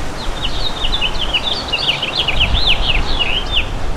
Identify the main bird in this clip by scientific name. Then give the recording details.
Haemorhous mexicanus. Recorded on Long Island, New York, on 11 June 2012. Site OP. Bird A